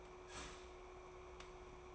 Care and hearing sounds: daily activity, microphone in the room; start toaster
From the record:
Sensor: 1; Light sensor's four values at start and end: 4/13/4/5 and 4/13/4/5

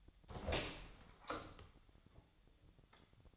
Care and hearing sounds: daily activity, microphone in the room; open door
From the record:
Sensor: 3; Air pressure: 1007.2 hPa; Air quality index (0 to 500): 200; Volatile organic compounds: 17 ppm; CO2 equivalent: 2563 ppm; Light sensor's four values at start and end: 12/28/12/12 and 12/28/12/12

